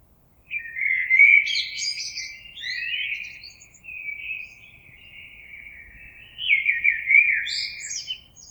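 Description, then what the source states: Common blackbird singing a long continuous warble, fluting notes running into high squeaky twitters, fading then rising again. Recorded 26 April 2022.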